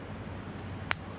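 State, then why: Seated. The two plastic halves of a Nissan key fob shell are pressed back together over a newly replaced coin battery. A single sharp click sounds at 0.9 s against a low background hum. The case locks shut and is seated.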